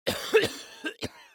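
A quick run of four short, harsh coughs from an adult man in just over a second: two forceful bursts close together, then two lighter ones.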